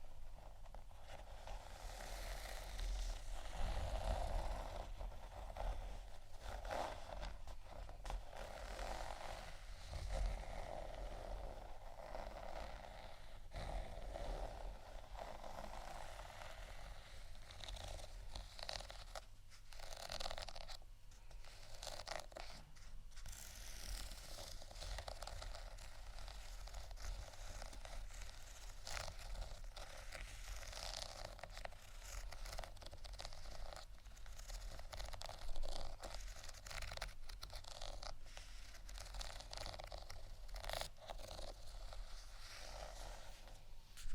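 Scratching and tapping on textured items, a dense continuous rasp with frequent short taps and bright scrapes, plus a steady low rumble underneath.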